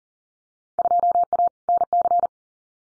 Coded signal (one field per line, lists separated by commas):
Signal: Morse code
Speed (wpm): 40 wpm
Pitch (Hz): 700 Hz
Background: none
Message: 2A NC